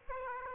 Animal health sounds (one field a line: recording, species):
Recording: mosquito wingbeat signal from an infrared sensor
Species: Aedes aegypti